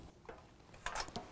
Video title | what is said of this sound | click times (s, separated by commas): How to Install N-Fab RBS Rear Bumper on a 2017 Ford F-150 | push it in until it clicks into place just like that | 0.9 s